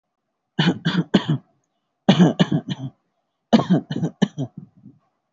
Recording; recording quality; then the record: shallow voluntary cough; excellent, no background noise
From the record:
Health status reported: healthy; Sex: male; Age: 26 years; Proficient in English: yes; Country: India